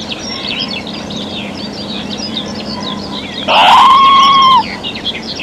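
Red squirrel giving a single upswept call that levels into a sustained whine, against steady background birdsong and chirps.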